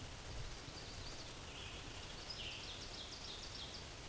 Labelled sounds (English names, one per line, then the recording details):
Ovenbird song
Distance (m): 90 m
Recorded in a Pennsylvania forest on 17 May 2023 at 14:04
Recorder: AudioMoth, point grid1_27_low
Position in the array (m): 212 m, 27 m